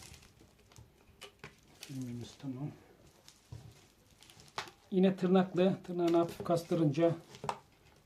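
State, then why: Seated. While someone talks, a replacement touchscreen panel is refitted into an Android phone frame during a double-sided-tape touchscreen replacement, and its plastic retaining tab is flexed slightly. A single sharp snap is heard at 7.5 s as the clip seats into place in the frame.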